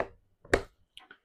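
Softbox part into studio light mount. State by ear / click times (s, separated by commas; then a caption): seated / 0.5 s. A studio light softbox part is pushed straight back into the light's mount, and it snaps into place like a magnet with no screwing needed. A sharp, loud snap lands at 0.5 s, followed by a few fainter taps near 1.0 s and 1.1 s, and the part is seated.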